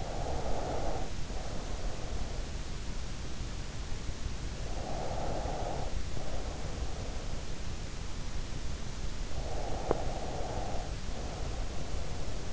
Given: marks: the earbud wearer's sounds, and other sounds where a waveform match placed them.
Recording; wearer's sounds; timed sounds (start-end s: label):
sounds in sleep by an in-ear microphone; breath, teeth grinding
0.00-2.68 s: breath
4.68-7.35 s: breath
9.55-12.52 s: breath
9.79-10.00 s: teeth grinding